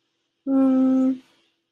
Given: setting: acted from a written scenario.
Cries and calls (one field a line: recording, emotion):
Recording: vocal sound without words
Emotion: guilt